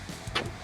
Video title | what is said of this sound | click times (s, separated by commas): How to do complete 2009-2014 VW TDI (OIL / AIR / FUEL) Filter change w/ SERVICE Reset - TWG | so they're two clicks see that's the most fuel thing gets down push it a little harder and you'll hear the click | 0.4 s